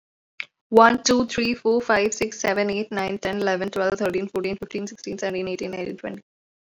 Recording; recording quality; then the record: counting at a fast pace; excellent, no background noise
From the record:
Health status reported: healthy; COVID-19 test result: negative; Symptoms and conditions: none ticked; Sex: female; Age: 21 years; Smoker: not ticked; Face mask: worn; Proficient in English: yes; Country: India